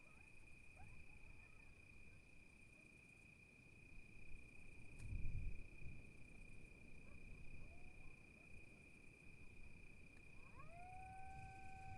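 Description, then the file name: Coyote howls near the end, rising wails that level into long steady tones, with wind rumble and a constant high tone throughout. Several coyotes recorded in fall 2016 amid wind gusts and creaking sounds. "coyotes-2016-medlock-fall-gusts-and-creaks-coyotes"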